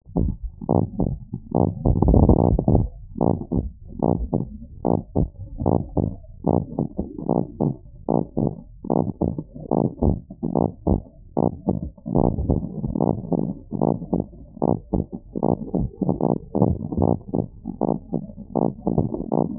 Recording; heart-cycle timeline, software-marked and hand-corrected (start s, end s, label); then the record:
heart sounds
0.00	0.18	systole
0.18	0.34	S2
0.34	0.76	diastole
0.76	0.90	S1
0.90	1.08	systole
1.08	1.18	S2
1.18	1.56	diastole
1.56	1.68	S1
1.68	1.84	systole
1.84	1.98	S2
1.98	2.40	diastole
2.40	2.58	S1
2.58	2.74	systole
2.74	2.90	S2
2.90	3.28	diastole
3.28	3.40	S1
3.40	3.58	systole
3.58	3.72	S2
3.72	4.16	diastole
4.16	4.28	S1
4.28	4.42	systole
4.42	4.50	S2
4.50	4.90	diastole
4.90	5.02	S1
5.02	5.18	systole
5.18	5.30	S2
5.30	5.68	diastole
5.68	5.82	S1
5.82	5.98	systole
5.98	6.08	S2
6.08	6.48	diastole
6.48	6.62	S1
6.62	6.80	systole
6.80	6.88	S2
6.88	7.30	diastole
7.30	7.44	S1
7.44	7.62	systole
7.62	7.74	S2
7.74	8.14	diastole
8.14	8.26	S1
8.26	8.42	systole
8.42	8.54	S2
8.54	8.96	diastole
8.96	9.08	S1
9.08	9.28	systole
9.28	9.36	S2
9.36	9.78	diastole
9.78	9.90	S1
9.90	10.04	systole
10.04	10.18	S2
10.18	10.56	diastole
10.56	10.70	S1
10.70	10.88	systole
10.88	11.02	S2
11.02	11.36	diastole
11.36	11.43	S1
11.43	11.63	systole
11.63	11.73	S2
11.73	12.11	diastole
12.11	12.23	S1
12.23	12.49	systole
12.49	12.56	S2
12.56	12.96	diastole
12.96	13.10	S1
13.10	13.33	systole
13.33	13.42	S2
13.42	13.78	diastole
13.78	13.91	S1
13.91	14.12	systole
14.12	14.21	S2
14.21	14.60	diastole
14.60	14.73	S1
14.73	14.91	systole
14.91	15.00	S2
15.00	15.44	diastole
15.44	15.54	S1
15.54	15.73	systole
15.73	15.85	S2
15.85	16.20	diastole
16.20	16.32	S1
16.32	16.58	systole
16.58	16.70	S2
16.70	17.01	diastole
17.01	17.11	S1
17.11	17.34	systole
17.34	17.43	S2
17.43	17.82	diastole
17.82	17.92	S1
17.92	18.10	systole
18.10	18.21	S2
18.21	18.53	diastole
18.53	18.66	S1
18.66	18.88	systole
18.88	18.98	S2
18.98	19.33	diastole
19.33	19.45	S1
19.45	19.59	systole
From the record:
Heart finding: normal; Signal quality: good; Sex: male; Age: 66 years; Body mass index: 18